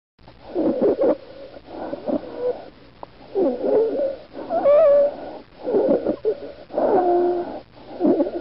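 Stridor in an adult: harsh, high-pitched noisy breath sounds with musical tones, recurring with each breath.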